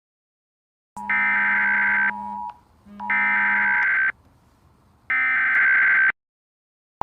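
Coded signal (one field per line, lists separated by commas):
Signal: Emergency Alert System (SAME) tones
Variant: header bursts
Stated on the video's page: Simulated EAS scenario remaking the Hawaii missile alert, using SAME tones.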